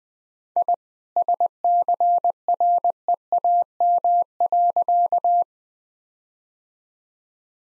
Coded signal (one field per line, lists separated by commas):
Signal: Morse code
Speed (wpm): 20 wpm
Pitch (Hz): 700 Hz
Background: none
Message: I SCREAM.